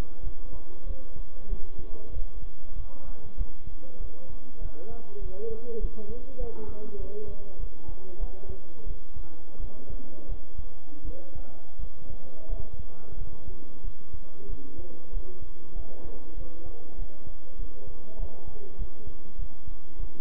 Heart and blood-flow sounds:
heart sounds by stethoscope; between the tricuspid and mitral areas; 94 bpm
0.22 s: heartbeat
0.85 s: heartbeat
1.48 s: heartbeat
2.11 s: heartbeat
2.75 s: heartbeat
3.37 s: heartbeat
3.99 s: heartbeat
4.60 s: heartbeat
5.20 s: heartbeat
5.80 s: heartbeat
6.39 s: heartbeat
6.98 s: heartbeat
7.58 s: heartbeat
8.19 s: heartbeat
8.86 s: heartbeat
9.59 s: heartbeat
10.28 s: heartbeat
11.04 s: heartbeat
11.78 s: heartbeat
12.48 s: heartbeat
13.16 s: heartbeat
13.83 s: heartbeat
14.48 s: heartbeat
15.12 s: heartbeat
15.74 s: heartbeat
16.36 s: heartbeat
16.97 s: heartbeat
17.57 s: heartbeat
18.18 s: heartbeat
18.77 s: heartbeat
19.37 s: heartbeat
19.98 s: heartbeat
From the record:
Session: bicycle stress test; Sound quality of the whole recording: good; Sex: male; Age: 23 years

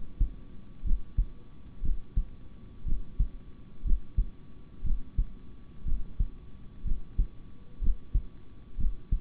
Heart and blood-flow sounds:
heart sounds by stethoscope; between the tricuspid and mitral areas; 60 bpm
0.83 s: heartbeat
1.81 s: heartbeat
2.85 s: heartbeat
3.83 s: heartbeat
4.83 s: heartbeat
5.84 s: heartbeat
6.84 s: heartbeat
7.80 s: heartbeat
8.77 s: heartbeat
From the record:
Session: rest, sitting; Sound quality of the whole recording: good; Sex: male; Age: 26 years

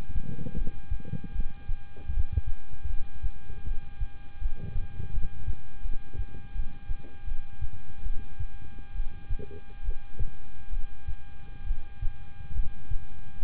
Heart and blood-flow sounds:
heart sounds by stethoscope; between the tricuspid and mitral areas; 75 bpm
0.55 s: heartbeat
1.33 s: heartbeat
2.11 s: heartbeat
2.87 s: heartbeat
3.65 s: heartbeat
4.39 s: heartbeat
5.11 s: heartbeat
5.83 s: heartbeat
6.53 s: heartbeat
7.25 s: heartbeat
8.03 s: heartbeat
8.94 s: heartbeat
9.83 s: heartbeat
10.70 s: heartbeat
11.65 s: heartbeat
12.53 s: heartbeat
13.39 s: heartbeat
From the record:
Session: rest, lying down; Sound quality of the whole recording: good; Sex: male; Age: 26 years

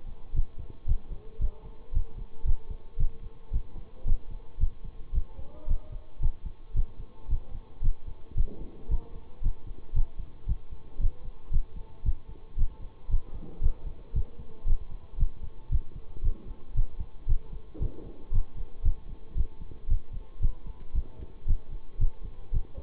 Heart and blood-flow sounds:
heart sounds by stethoscope; between the tricuspid and mitral areas; 114 bpm
0.34 s: heartbeat
0.86 s: heartbeat
1.39 s: heartbeat
1.92 s: heartbeat
2.45 s: heartbeat
2.98 s: heartbeat
3.51 s: heartbeat
4.05 s: heartbeat
4.59 s: heartbeat
5.13 s: heartbeat
5.67 s: heartbeat
6.20 s: heartbeat
6.74 s: heartbeat
7.29 s: heartbeat
7.82 s: heartbeat
8.35 s: heartbeat
8.89 s: heartbeat
9.42 s: heartbeat
9.94 s: heartbeat
10.47 s: heartbeat
10.99 s: heartbeat
11.51 s: heartbeat
12.04 s: heartbeat
12.57 s: heartbeat
13.09 s: heartbeat
13.61 s: heartbeat
14.14 s: heartbeat
14.66 s: heartbeat
15.17 s: heartbeat
15.70 s: heartbeat
16.23 s: heartbeat
16.75 s: heartbeat
17.27 s: heartbeat
17.80 s: heartbeat
18.32 s: heartbeat
18.83 s: heartbeat
19.36 s: heartbeat
19.88 s: heartbeat
20.41 s: heartbeat
20.93 s: heartbeat
21.46 s: heartbeat
21.99 s: heartbeat
22.52 s: heartbeat
From the record:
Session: bicycle stress test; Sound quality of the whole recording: good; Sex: male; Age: 26 years

